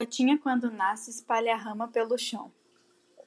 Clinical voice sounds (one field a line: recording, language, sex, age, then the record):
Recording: short text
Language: Brazilian Portuguese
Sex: female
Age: 18 to 19 years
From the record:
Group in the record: control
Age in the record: 18 years